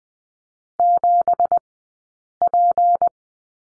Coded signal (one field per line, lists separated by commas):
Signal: Morse code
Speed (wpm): 20 wpm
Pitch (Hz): 700 Hz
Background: none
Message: 7P